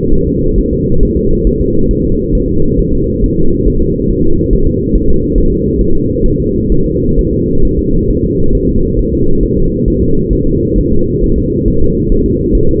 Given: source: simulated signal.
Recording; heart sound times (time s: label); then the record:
fetal heart sounds
0.13 s: S1
0.28 s: S2
0.59 s: S1
0.73 s: S2
1.03 s: S1
1.17 s: S2
1.47 s: S1
1.61 s: S2
1.91 s: S1
2.05 s: S2
2.35 s: S1
2.49 s: S2
2.79 s: S1
2.94 s: S2
3.24 s: S1
3.38 s: S2
3.67 s: S1
3.82 s: S2
4.11 s: S1
4.25 s: S2
4.53 s: S1
4.67 s: S2
4.95 s: S1
5.10 s: S2
5.38 s: S1
5.52 s: S2
5.81 s: S1
5.96 s: S2
6.26 s: S1
6.40 s: S2
6.72 s: S1
6.86 s: S2
7.19 s: S1
7.33 s: S2
7.65 s: S1
7.79 s: S2
8.10 s: S1
8.25 s: S2
8.55 s: S1
8.69 s: S2
8.99 s: S1
9.13 s: S2
9.43 s: S1
9.58 s: S2
9.88 s: S1
10.02 s: S2
10.33 s: S1
10.47 s: S2
10.78 s: S1
10.92 s: S2
11.24 s: S1
11.38 s: S2
11.68 s: S1
11.82 s: S2
12.12 s: S1
12.26 s: S2
12.55 s: S1
12.69 s: S2
From the record:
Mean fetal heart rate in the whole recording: 135 bpm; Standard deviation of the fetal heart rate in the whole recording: 3 bpm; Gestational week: 36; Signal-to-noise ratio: -17.7 dB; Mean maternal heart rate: 72 bpm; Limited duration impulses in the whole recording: present